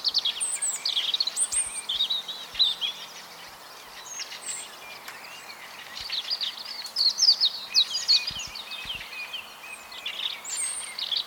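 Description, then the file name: European robin song: several high, tinkling phrases of quick twittering notes and glides, with short pauses between them and a constant faint hiss. "Erithacus rubecula"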